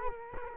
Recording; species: mosquito wingbeat signal from an infrared sensor; Culex quinquefasciatus